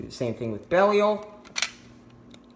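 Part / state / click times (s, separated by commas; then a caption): plastic toy capsule into the capsule holder of a toy transformation device / seated / 1.6 s. Someone talks, then at 1.6 s and again at 1.6 s a pair of sharp plastic clicks sounds as the second plastic capsule (Belial) is pushed into the capsule holder slot of an Ultraman Geed DX Geed Riser toy transformation device. The capsule seats in the holder.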